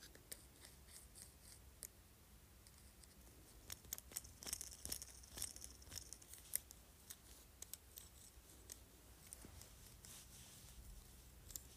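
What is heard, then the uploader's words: Light taps and scratches on an emerald rolling pin, scattered clicks with a brighter crackling flurry around five seconds, over a low steady hum. ASMR Emerald Rolling Pin.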